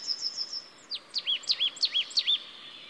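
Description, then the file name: Marsh tit calls: soft high notes leading into a quick string of bright, abrupt chirps. "Poecile palustris"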